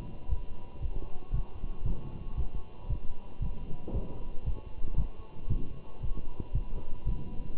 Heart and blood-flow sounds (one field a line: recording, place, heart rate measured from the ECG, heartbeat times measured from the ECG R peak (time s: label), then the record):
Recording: heart sounds by stethoscope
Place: between the tricuspid and mitral areas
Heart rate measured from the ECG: 116 bpm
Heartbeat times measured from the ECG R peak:
0.30 s: heartbeat
0.82 s: heartbeat
1.34 s: heartbeat
1.86 s: heartbeat
2.37 s: heartbeat
2.90 s: heartbeat
3.42 s: heartbeat
3.94 s: heartbeat
4.46 s: heartbeat
4.98 s: heartbeat
5.50 s: heartbeat
6.02 s: heartbeat
6.55 s: heartbeat
7.07 s: heartbeat
7.55 s: heartbeat
From the record:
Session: walking at 3.7 km/h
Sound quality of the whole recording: good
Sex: male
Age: 27 years